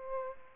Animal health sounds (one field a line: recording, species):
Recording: mosquito wingbeat signal from an infrared sensor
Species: Aedes aegypti